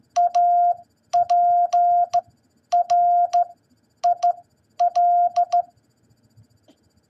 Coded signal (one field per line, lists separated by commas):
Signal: Morse code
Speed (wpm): 16 wpm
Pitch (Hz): 700 Hz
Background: none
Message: APRIL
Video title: What Is April In Morse Code?